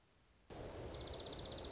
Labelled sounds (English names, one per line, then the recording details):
Dark-eyed Junco
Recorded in Sonoma County, California